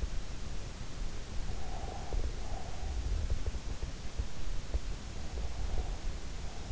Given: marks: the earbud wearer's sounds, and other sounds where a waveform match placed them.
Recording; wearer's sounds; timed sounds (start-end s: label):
sounds in sleep by an in-ear microphone; breath
1.52-3.38 s: breath